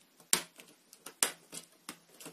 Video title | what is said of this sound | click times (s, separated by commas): Montage PC Gamer Node 202 (Partie 2). | faut bien faire tout le tour en plus fort que soi bien plaqué bien verrouillé | 0.3 s, 1.2 s